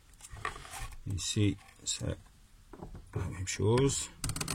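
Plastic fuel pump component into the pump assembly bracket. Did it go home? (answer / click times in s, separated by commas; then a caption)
yes / 0.5 s. While replacing the fuel pump on a Renault Clio 2 1.4 16v with an unstable idle, a plastic fuel pump component is pushed into the pump assembly bracket, and a sharp click sounds at 0.5 s as it seats. Someone talks afterwards.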